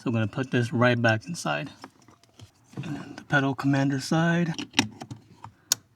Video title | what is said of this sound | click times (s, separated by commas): I installed The Pedal Commander Into The GX460 - Gimmick Or Worthless? | It snaps right into place. | 5.7 s